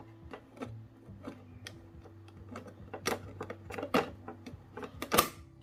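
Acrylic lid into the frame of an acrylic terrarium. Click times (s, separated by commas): 5.2 s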